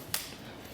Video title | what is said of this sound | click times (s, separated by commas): Step-By-Step Installation Tutorial for the Konig Easy Fit Tire Chains on a 2021 Mazda CX-5 | we found it easier to just actually stand up step down on it until you hear it click into place | 0.1 s